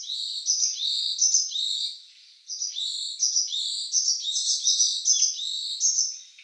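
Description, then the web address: Varied tit uttering rapid high chirps and short slurred notes in a busy stream, with one brief pause near the two-second mark. Recorded on 22 February 2014. "birdenaga yamagara"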